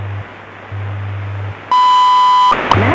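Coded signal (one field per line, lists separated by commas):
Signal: radio time signal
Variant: WWV and WWVH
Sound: low hum pulses, then a steady high beep under a second, then static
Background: radio static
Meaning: The long tone marks the start of a new minute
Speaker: at the tone 5 hours 59 minutes coordinated universal [Applause] time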